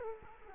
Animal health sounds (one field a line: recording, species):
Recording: mosquito wingbeat signal from an infrared sensor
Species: Culex quinquefasciatus